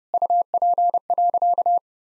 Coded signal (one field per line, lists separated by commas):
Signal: Morse code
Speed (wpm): 30 wpm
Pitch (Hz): 700 Hz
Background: none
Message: UP.